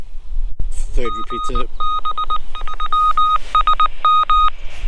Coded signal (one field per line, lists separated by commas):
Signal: Morse code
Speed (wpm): 19 wpm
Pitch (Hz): 1250 Hz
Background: speech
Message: GB MSM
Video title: Getting outdoors with an ex NATO and ex NYCPD Police radio